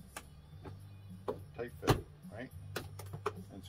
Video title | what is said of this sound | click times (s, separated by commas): How I Pack My Airbrush Station When Flying | click right in | 0.2 s, 1.3 s